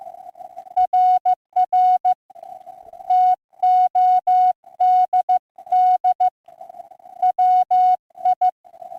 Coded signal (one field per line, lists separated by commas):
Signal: Morse code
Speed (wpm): 16 wpm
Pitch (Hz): 720 Hz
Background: music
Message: RR TODD WI